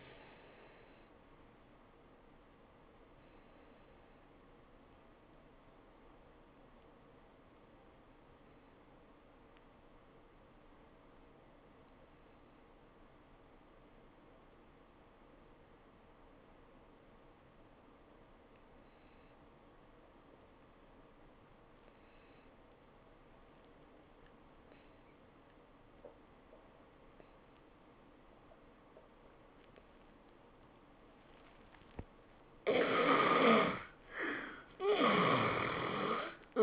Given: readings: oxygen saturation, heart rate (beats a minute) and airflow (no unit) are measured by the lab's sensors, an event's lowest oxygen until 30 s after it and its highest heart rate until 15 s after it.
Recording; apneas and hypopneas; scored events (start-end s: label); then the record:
breathing in sleep by a voice recorder at the bedside; 1
9.00-32.40 s: obstructive apnea (N1, oxygen 96% highest, then 73% lowest, heart rate 76 at the start, 104 highest)
From the record:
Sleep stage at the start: N1 (lightest sleep); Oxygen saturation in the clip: 71 to 96%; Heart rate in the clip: 73 to 99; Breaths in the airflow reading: 3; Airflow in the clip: -11.2 to 10.9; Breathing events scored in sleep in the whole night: 403 in 5.5 hours asleep